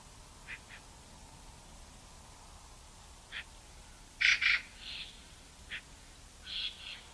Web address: SETE data Pica pica